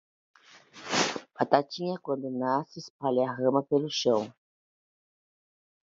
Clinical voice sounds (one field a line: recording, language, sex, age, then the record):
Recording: short text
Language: Brazilian Portuguese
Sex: female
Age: 50 to 59 years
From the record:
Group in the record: control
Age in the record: 55 years